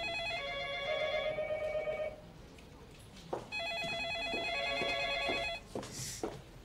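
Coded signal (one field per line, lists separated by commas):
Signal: none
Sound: telephone ringtone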